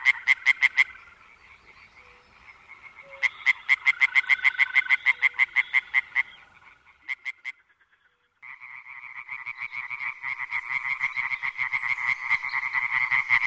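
European tree frogs in chorus: several quick, rasping pulse trains overlap, then after a brief silence build into a dense, continuous rattling chorus by the end.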